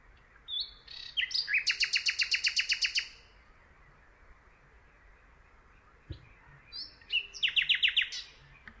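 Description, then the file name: Common nightingale song: a few whistled notes, then a rapid run of many loud, dry clicking notes, then a pause, then whistled notes leading into another fast, rattling trill. "Luscinia megarhynchos"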